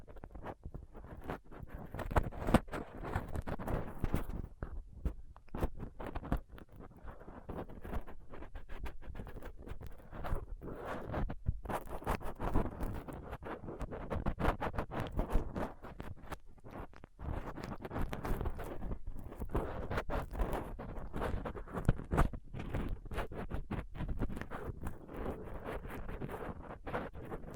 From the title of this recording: Rough Mic Picking using Dental PickTweezersCotton Swab